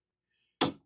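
A screw is turned backwards (counter-clockwise) in the threaded hole of a bed mount on a Kobra S1 Combo 3D printer until it drops into the thread start. After silence, a single short, sharp pop lands at 0.6 s and fades within about two-tenths of a second. The screw is seated and lined up on the threads, ready to be started.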